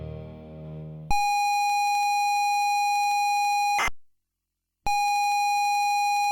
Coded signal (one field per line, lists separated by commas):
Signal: ZX Spectrum tape loading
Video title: ZX Spectrum Loading Screen (AI CS bonus)